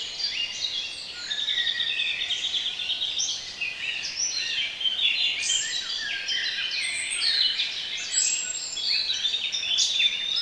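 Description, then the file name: Birds in a steady, busy tangle of high twittering and whistled notes that overlap the whole time. Relaxation recording of bird sounds. "relaksacja odglosy ptakow"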